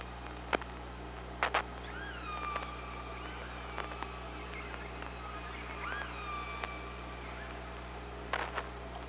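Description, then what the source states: Killer whale calls underwater: several rising and falling tonal calls with harmonics over a steady low hum, broken by a few sharp clicks. Recorded on an OrcaLab hydrophone, 24 August 2017.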